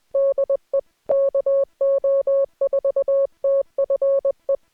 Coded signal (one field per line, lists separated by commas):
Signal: Morse code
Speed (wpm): 20 wpm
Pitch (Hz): 560 Hz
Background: music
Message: DE KO4TFE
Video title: Morse Code Head Copy Practice | No interruptions